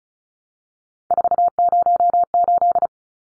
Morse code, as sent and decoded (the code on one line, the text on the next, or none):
....- ----- ---..
408